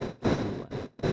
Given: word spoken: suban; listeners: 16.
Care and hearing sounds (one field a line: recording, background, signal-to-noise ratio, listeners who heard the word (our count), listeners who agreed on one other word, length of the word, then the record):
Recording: one Spanish word in noise, from a listening test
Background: noise modulated by one talker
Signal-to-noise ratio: -11.4 dB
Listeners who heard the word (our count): 0 of 16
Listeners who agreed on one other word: 9 of 16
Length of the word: 0.72 s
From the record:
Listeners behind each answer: 9, 2, 1, 1, 1, 1, 1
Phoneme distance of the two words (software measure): 17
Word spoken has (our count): 2 syllables, 5 phonemes, stress on syllable 1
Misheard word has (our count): 2 syllables, 4 phonemes, stress on syllable 1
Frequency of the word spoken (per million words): 1.71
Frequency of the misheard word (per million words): 60.33